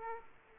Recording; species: mosquito wingbeat signal from an infrared sensor; Aedes aegypti